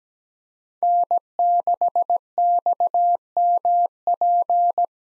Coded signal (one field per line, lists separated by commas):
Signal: Morse code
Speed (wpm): 17 wpm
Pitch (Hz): 700 Hz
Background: none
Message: N6XMP